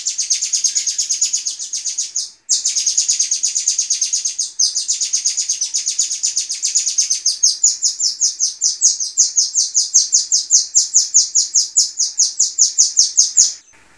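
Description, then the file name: Golden-bellied Gerygone singing a long, rapid run of thin, high chips, briefly broken twice, then becoming more spaced and pulsing before stopping abruptly. Long, original song of the bird. "suara asli panjang burung rio rio omkicau"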